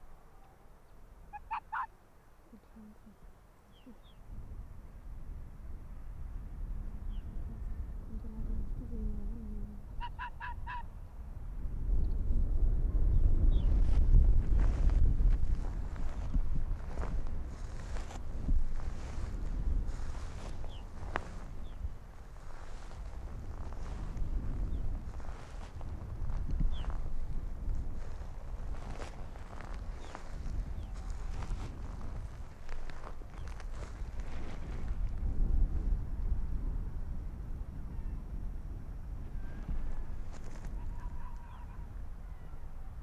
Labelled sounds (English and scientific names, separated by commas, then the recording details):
Arctic Fox (Vulpes lagopus)
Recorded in the wild
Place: Insel Mednyi, Kommandeur-Inseln, RU
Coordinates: 54.5167, 168.083
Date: 1999-07-28 18:43
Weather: 13°C, Nebel, leichter Wind aus Nordwest
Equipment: Sony WM-D6C, Sennheiser ME 80, K 30 AV, Windkorb, Kopie Tascam DA 30
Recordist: Jakupi, Antje